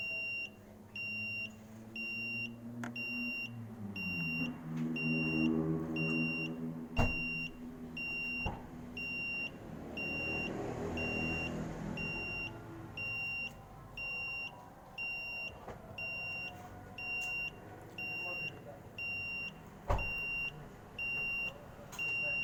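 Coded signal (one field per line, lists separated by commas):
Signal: alarm pattern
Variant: vehicle reversing alarm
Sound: continuous high beeping, about one beep per second, evenly spaced, over engine idle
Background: engine rumble, traffic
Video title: Beep sound like as vehicle reverse sound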